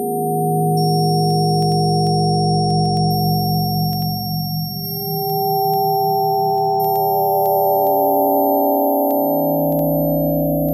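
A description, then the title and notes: Weightless tones hold steady, smooth sustained pitches stacked in low and middle registers that slowly trade places, with a slight beating wobble around the fourth second. Thin high whistles hang above, and tiny scattered clicks like sonic dust tick irregularly throughout. Stereo audio render from the generative system used in Precipice, a sound installation on display at the RISD Museum. Comprised of weightless tones and bits of sonic dust, Precipice is a generative composition existing at the edge of perception.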